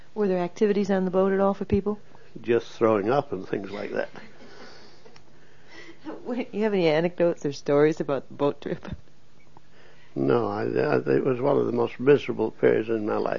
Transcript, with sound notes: Were there activities on the boat at all for people?
Just throwing up and things like that (laughs)
Do you have any anecdotes or stories about the boat to reflect?
No I - then I think was one of the most miserable periods in my life.